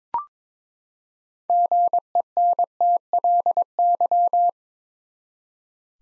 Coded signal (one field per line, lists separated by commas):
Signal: Morse code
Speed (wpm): 22 wpm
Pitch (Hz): 700 Hz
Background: none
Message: GENTLY